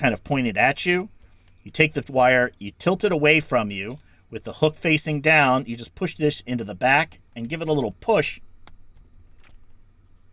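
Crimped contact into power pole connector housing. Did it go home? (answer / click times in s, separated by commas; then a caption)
no / none. Someone talks while a crimped metal contact on a black lead is lined up and pushed into the back of a larger 45 plastic power pole connector housing, with the wire tilted away and the hook facing down. Two brief faint ticks come near the end, at about 8.7 and 9.5 seconds. The contact has not seated or clicked into place yet.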